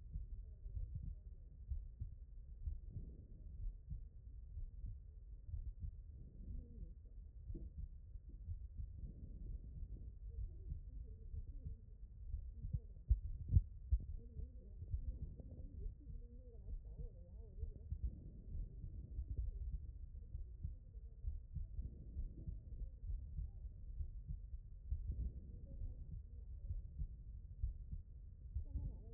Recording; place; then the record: heart sounds by stethoscope; aortic valve (AV)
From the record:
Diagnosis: non-HFrEF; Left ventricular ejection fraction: 68%